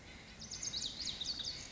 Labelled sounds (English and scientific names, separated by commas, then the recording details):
Lazuli Bunting (Passerina amoena)
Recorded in Sonoma County, California